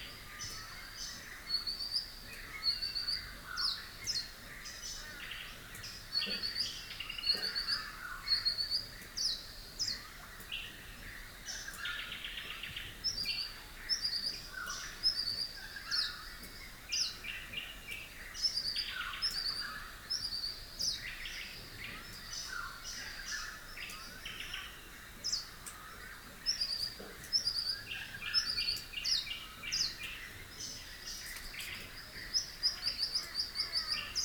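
A dense rural dawn chorus of many birds chirping and trilling continuously, bright overlapping calls over a quiet low background.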